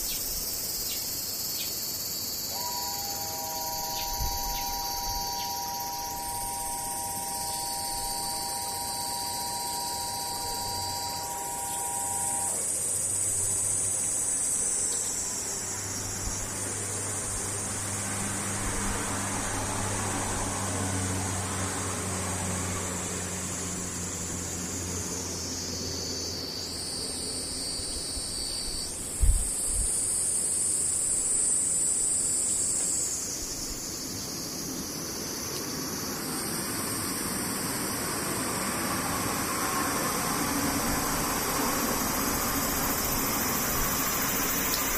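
Cicadas buzz throughout in high, shrill bands that step up and down in pitch, swelling and easing in waves every several seconds. Beneath them a low engine-like rumble and hum rise and fall, with a short steady tone near the start and a sharp knock around 29 seconds.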